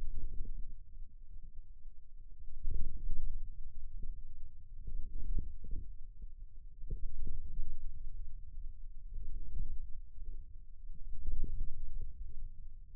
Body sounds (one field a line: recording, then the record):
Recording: forearm muscle sounds (acoustic myography)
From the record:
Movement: ulnar deviation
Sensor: system 2, bracelet of six BSWA MPA416 microphones around the upper forearm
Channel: 1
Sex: male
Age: 22 years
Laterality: right